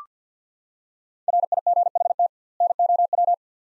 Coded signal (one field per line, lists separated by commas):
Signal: Morse code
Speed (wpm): 47 wpm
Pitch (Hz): 700 Hz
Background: none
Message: RIGHT NOW